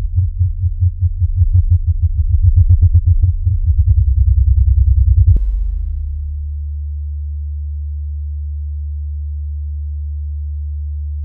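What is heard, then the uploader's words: A deep synthesized bass tone pulses rapidly in low and sub-low registers, a dense throbbing rumble with faint clicks on top. Around five seconds the pulsing stops abruptly and a steady, unbroken low hum continues to the end. Is a piece of sound art that is made with low and sub low with frequency oscillators.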